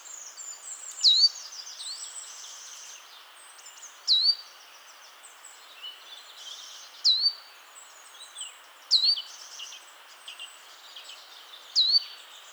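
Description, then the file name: Great tit call, single sharp down-slurred notes roughly every two to three seconds, amid a busy chorus of high twittering birds. "Parus major"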